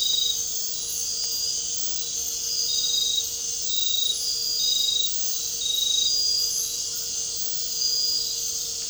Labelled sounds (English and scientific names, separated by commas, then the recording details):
none
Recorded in dense forest near Puerto Asís, Putumayo, Colombia, on 8 March 2025 at 22:30
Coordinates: 0.467, -76.328
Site G041